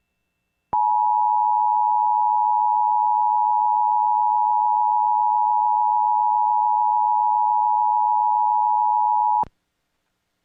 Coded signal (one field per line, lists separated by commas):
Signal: Emergency Alert System (SAME) tones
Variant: 853 and 960 Hz attention tone